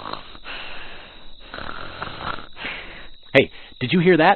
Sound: snoring sounds